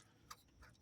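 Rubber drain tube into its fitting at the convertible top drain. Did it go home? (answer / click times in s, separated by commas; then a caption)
yes / 0.3 s. On an MK1 Audi TT Roadster, after the convertible-top drain tubes are unclogged, the rubber drain tube's lip is worked around the edge of its fitting at the convertible top drain and the tube is pushed back in. A short, sharp tick at 0.3 s marks the tube end clicking into place, followed by a softer, duller sound around 0.6 s over a quiet background. The drain tube is seated in its fitting.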